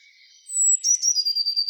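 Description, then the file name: Eurasian blue tit call: a high, thin, sustained note dropping into a rapid stuttering series of buzzy notes. "Cyanistes caeruleus"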